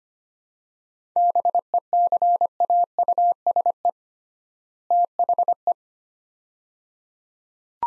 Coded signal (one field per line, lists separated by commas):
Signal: Morse code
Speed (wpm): 25 wpm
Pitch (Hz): 700 Hz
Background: none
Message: BECAUSE THE